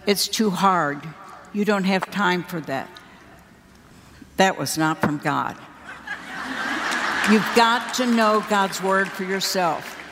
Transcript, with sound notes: It’s too hard, you don’t have time for that.” That was not from God! (laughter) You’ve got to know God’s Word for yourself!